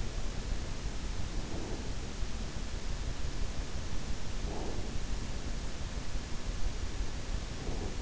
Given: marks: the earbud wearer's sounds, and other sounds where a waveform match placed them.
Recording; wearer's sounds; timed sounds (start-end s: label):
sounds in sleep by an in-ear microphone; breath
1.36-1.91 s: breath
4.37-4.89 s: breath
7.41-8.02 s: breath